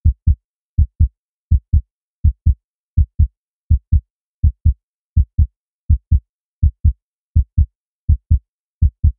Heartbeat 82 BPM dry.